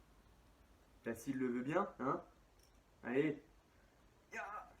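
Someone tries to clip a plastic Playmobil toy figure head onto the figure's body while someone talks. The head does not go on, and nothing has seated or clicked yet within the clip.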